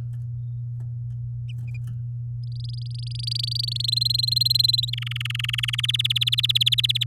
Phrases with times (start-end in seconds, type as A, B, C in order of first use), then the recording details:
2.44-3.86 A, 3.88-4.90 B, 4.93-5.81 C, 5.83-7.04 D. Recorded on 8 May 2018 at 10:38. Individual llb16